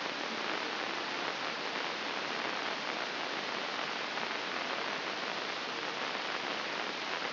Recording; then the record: brain microelectrode recording played as sound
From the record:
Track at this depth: inside the subthalamic nucleus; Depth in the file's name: 3.625 mm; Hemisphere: left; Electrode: 2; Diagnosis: Parkinson's disease